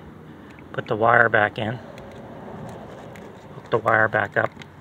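A wiring harness plug is being pushed back onto the replacement mass air flow sensor of a 2005 Hyundai Elantra. Someone talks over low background noise, and short sharp sounds come at about 0.6 s and 3.2 s. The connector has not yet clicked or seated.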